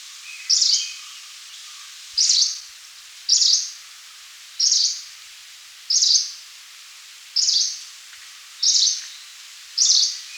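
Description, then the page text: Green warbler calls: short, bright, high chirps repeated steadily about every one and a quarter seconds, eight in all, over a faint hiss. "Green Warbler Call. Quick Sounds"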